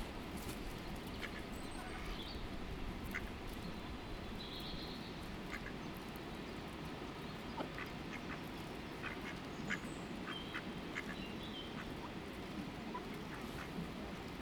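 Ducks crowd together while being fed, a dense, steady wash of low murmuring and rustle filling the whole stretch. Short quacks and sharp calls pop out every second or so, with a few brighter chirps and clicks scattered on top.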